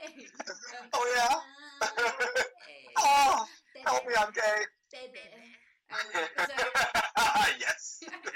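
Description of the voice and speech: An adult woman's speech is broken by abrupt, out-of-context exclamations like 'help me, I'm gay' and 'baby', interspersed with short affirmations and pauses: vocal tics of Tourette syndrome, which began as stammering and stuttering and now replace a stutter.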